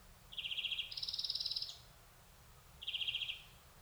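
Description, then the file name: European greenfinch: a pulsed trill leading into a longer higher buzzy rattle, then after a pause a single shorter trill. "Chloris chloris"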